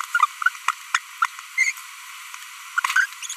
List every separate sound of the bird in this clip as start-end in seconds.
0.15-0.25, 0.94-0.98, 1.22-1.26, 1.58-1.71, 2.77-2.80, 2.85-3.05, 3.30-3.33